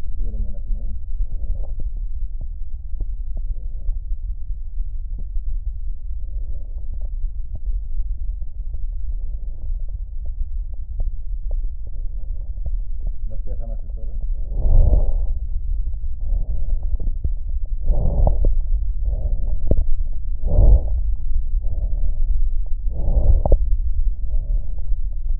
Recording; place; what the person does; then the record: lung sounds by stethoscope; right posterior basal chest; quiet breathing, then deep breathing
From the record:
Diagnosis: interstitial lung disease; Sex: female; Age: 70 years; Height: 160 cm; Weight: 93 kg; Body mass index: 36.3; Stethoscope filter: extended mode